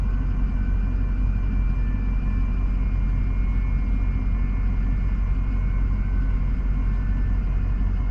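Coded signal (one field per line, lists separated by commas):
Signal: FT8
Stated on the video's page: FT8 during Parks on the Air activation of several parks.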